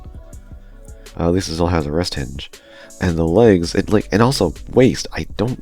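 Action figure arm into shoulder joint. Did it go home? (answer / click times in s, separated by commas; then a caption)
no / none. A plastic action figure's arm is being fitted onto its shoulder joint, but the arm does not click into place and will not stay on, so nothing has seated or clicked. Light tapping sounds are heard early, with a brief knock at 0.9 s that is more likely the loose arm moving than a click. Someone talks over quiet background music.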